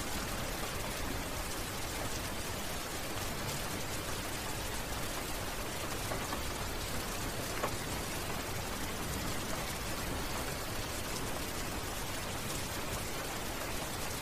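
Medium-light rain falls as a steady, dense hiss that covers the whole range from low to bright. Loudness stays level throughout, with fine pattering texture and a single small tick of a drop just past seven seconds. No thunder is evident.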